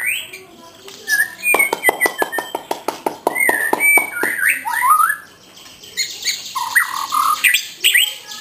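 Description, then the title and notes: White-rumped shama song, a fast series of sharp clicks followed by bright whistled and slurred phrases. Song of the bird, offered for training caged birds (masteran). "Suara Kicau Burung Murai Batu. burung murai buat masteran"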